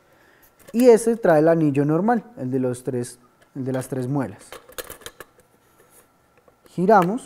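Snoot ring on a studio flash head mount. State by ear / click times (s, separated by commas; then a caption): not seated / none. A snoot fitted with a standard three-lug ring is twisted onto the mount of a studio flash head while someone talks. A few brief, sharp handling taps sound from about 4.8 to 5.4 s, followed by more talking. Nothing has seated or clicked yet.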